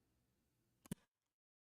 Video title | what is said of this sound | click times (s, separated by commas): New gaiwan, old tea. [Handcam] | That was the pop out. Very satisfying. | 0.9 s